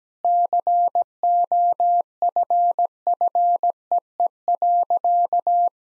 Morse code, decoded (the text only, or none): COFFEE.